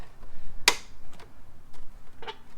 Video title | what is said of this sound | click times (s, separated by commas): Vlog 02 - BMW M4 Black Kidney Grill (F80, F82, F83) | clicked into place nice and easy. | 0.7 s